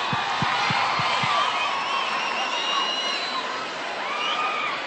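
A crowd applauds and cheers in a dense, steady roar, with high whoops and whistles rising above it and a few low thumps at the start.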